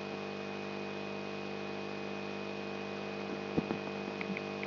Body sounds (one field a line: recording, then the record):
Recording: brain microelectrode recording played as sound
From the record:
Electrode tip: outside the subthalamic nucleus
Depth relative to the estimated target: 3.5 mm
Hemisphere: right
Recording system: AlphaMap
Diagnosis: Parkinson's disease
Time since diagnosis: 10 years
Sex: male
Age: 56 years